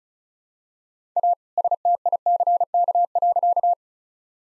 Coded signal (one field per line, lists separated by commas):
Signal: Morse code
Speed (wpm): 34 wpm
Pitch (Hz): 700 Hz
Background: none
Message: A STICK.